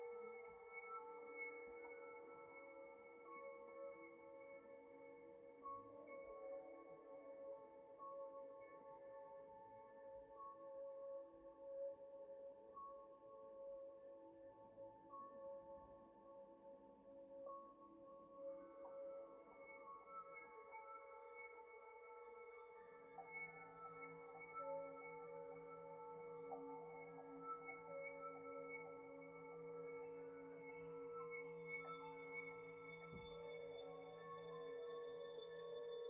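MIDI tones layered with bowl sounds ring in long sustained, steady pitches, with a bright high tone entering and leaving several times. About two-thirds of the way through, a low hum joins underneath. The level stays even and calm with no sharp strikes.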